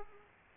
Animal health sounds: mosquito wingbeat signal from an infrared sensor; Aedes aegypti

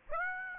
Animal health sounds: mosquito wingbeat signal from an infrared sensor; Aedes aegypti

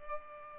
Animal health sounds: mosquito wingbeat signal from an infrared sensor; Culex pipiens

